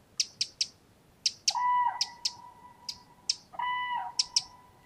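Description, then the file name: Eurasian wren giving rapid, hard ticking calls in short series, interrupted twice by a lower, steady, tonal sound lasting about half a second. "Troglodytes troglodytes"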